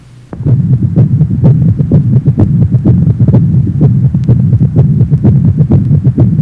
Age 52, recent cardiac infarction with mid-diastolic gallop rhythm, mitral area.